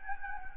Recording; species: mosquito wingbeat signal from an infrared sensor; Anopheles gambiae